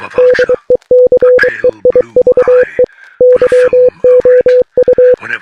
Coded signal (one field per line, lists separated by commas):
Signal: Morse code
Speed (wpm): 23 wpm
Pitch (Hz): 500 Hz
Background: none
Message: DECEIVE YOU